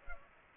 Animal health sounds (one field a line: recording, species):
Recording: mosquito wingbeat signal from an infrared sensor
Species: Culex pipiens